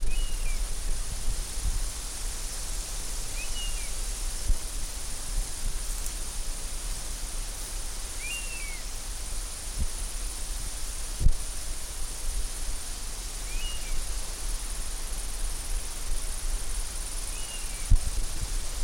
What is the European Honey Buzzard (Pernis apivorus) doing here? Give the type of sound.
call